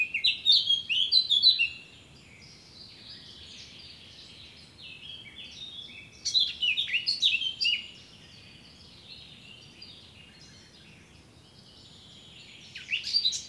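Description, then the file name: Eurasian blackcap song phrases repeated about every six seconds, each a hurried warble of clear whistled notes, with faint background hiss. "Sylvia atricapilla"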